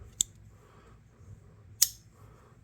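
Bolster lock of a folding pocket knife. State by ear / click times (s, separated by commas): released / 0.2 s, 1.8 s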